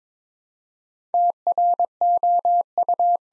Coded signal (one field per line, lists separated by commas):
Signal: Morse code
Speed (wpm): 22 wpm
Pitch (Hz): 700 Hz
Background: none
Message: TROU